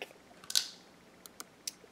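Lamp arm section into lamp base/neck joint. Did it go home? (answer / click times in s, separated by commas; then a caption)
yes / 0.5 s, 0.6 s. A lamp arm section of a Cricut Bright 360 is pushed down into its mating socket in the lamp base, a joint that is permanent once assembled. Two sharp clicks at 0.5 s and 0.6 s mark it seating, followed by a few fainter ticks around 1.3, 1.4 and 1.7 s.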